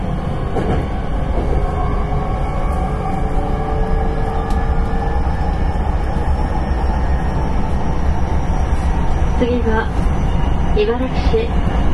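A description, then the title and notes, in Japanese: An electric express train runs steadily with a dense, loud low rumble, sustained motor whines, and brief faint voices near the end. 阪急電鉄 9300系電車の走行音です。京都線の特急列車にて収録しました。Hankyu Electric Railway 9300 series。From Kawaramachi (Kyoto) to Umeda (Osaka)。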